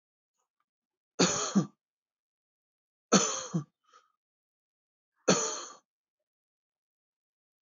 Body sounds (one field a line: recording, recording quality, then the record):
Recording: heavy voluntary cough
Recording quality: excellent, no background noise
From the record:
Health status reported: healthy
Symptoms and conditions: hypertension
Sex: male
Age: 52 years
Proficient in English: yes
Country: India